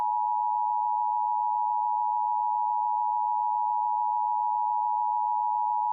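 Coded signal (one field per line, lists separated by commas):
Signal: Emergency Alert System (SAME) tones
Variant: 853 and 960 Hz attention tone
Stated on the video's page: Fictional emergency alert interrupting a radio talk show.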